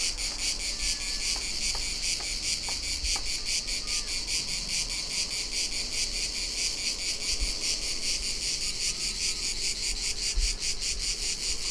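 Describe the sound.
Cicadas drone in a dense high buzz pulsing quickly and evenly; a few brief clicks early on, and a low background rumble.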